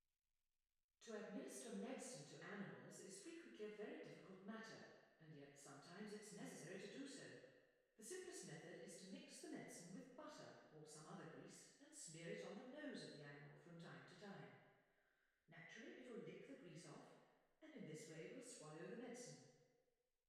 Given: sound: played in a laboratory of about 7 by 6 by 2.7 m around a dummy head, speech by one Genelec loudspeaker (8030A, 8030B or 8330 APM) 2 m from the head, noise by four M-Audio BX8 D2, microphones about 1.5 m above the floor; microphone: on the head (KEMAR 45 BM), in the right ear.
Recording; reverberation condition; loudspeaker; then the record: female speech in English; high; 60 degrees to the left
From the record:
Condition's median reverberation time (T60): about 1300 ms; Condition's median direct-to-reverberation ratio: about -4.0 dB